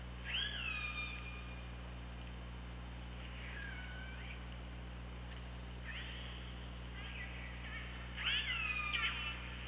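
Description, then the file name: Killer whale calls: several harmonic tonal cries, some with quick upward flicks, spaced a few seconds apart, over steady low hum and hiss. Recorded by OrcaLab hydrophone on 24 August 2017 at 15:23:08. "Orca Lab UTLN 20170824 152308"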